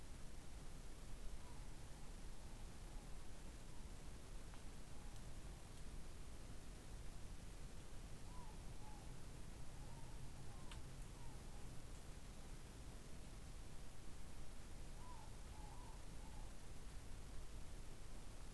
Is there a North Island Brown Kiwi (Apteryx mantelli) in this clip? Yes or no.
no